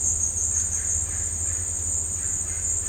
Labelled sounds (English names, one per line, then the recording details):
none
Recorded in dense forest near Puerto Asís, Putumayo, Colombia, on 20 December 2024 at 16:00
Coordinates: 0.466, -76.327
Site G075